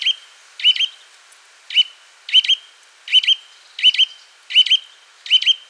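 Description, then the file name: Eurasian nuthatch calling with loud, clipped notes, many doubled, spaced about every three quarters of a second. "Sitta europaea"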